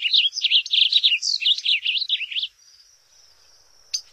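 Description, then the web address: Blue grosbeak singing a hurried, husky warble of varied up-and-down notes for about two and a half seconds, followed by a faint high hum and a single click. North America. "Songs of Birds of North America Stokes. Blue Grosbeak"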